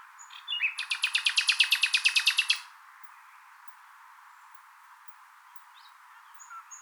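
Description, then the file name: Common nightingale singing one rapid trill of many evenly spaced notes, followed by a long quiet stretch with faint notes. "Luscinia megarhynchos"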